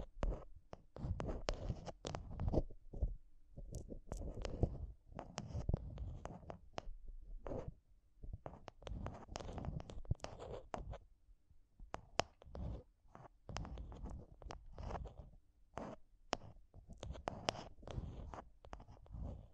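Rapid, uneven mic tapping and scratching fill the whole stretch, dense bursts of crackly scrapes and thumps with only brief pauses between them.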